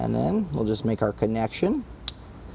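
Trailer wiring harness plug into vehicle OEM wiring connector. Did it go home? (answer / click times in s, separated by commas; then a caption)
yes / 2.1 s. A Curt T-Connector trailer wiring module plug is pushed into the factory tail-light harness plug in the cargo area of a 2022 Subaru Forester while someone talks. A single sharp snap is heard at 2.1 s as the connector seats into the OEM plug.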